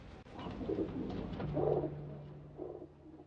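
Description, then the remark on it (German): Big-city pigeons coo in low, throaty murmurs, several rounded calls rising and falling in a loose, overlapping rhythm with a steady low hum underneath and no speech. “Das hat die Tauben aber nicht sehr beeindruckt. Sie sind schmutzige Großstadttauben geblieben.”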